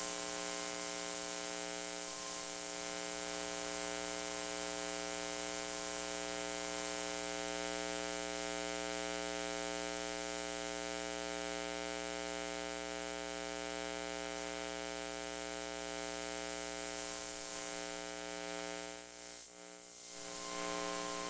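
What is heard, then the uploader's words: A cable modem runs with a steady electrical whine, a stack of even tones over a constant hiss that stays loud and unchanging. It barely shifts, except for a brief dip and flutter around the nineteenth second. Motorola SB5102 Cable Modem Running. A series of recordings performed with an Elektrosluch 3 active induction microphone.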